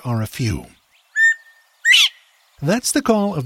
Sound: Call of Northern Bobwhite

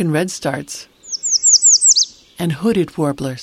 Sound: Song of American Redstart

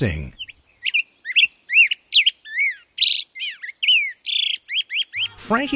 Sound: Black-headed Grosbeak song

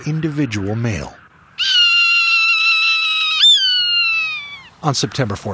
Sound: Call of a Swainson’s Hawk

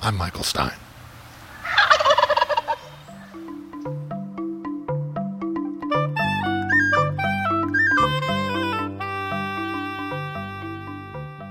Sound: Wild Turkey gobbling

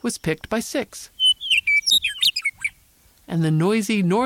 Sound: Western Meadowlark song

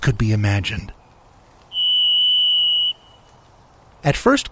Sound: repeat song with forest background

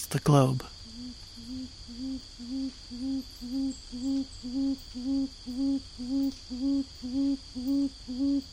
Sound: nature recordings from around the globe

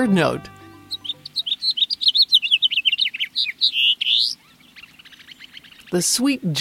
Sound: Song of House Finch

